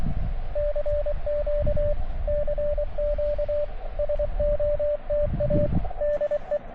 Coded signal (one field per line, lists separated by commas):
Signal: Morse code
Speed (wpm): 24 wpm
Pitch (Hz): 590 Hz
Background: radio noise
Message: CQ CQ SOTA DE